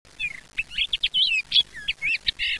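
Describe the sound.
Common rock thrush singing a quick string of short, warbled notes that twist up and down in pitch.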